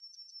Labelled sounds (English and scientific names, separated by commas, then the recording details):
Yellowhammer (Emberiza citrinella) song
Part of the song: start
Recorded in the Czech Republic on 17 July 2013
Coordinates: 48.668, 14.324
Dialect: BD
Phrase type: B19
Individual 318201